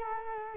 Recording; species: mosquito wingbeat signal from an infrared sensor; Culex quinquefasciatus